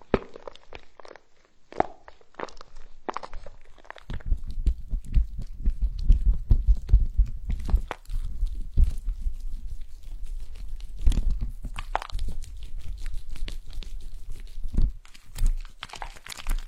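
A collection of tapping, smearing and tearing sounds. The first four seconds hold sparse, crisp taps and clicks over near silence; then a dense, low crunching and rubbing takes over, with scratchy tearing bursts around 11, 12 and 15 to 16 seconds.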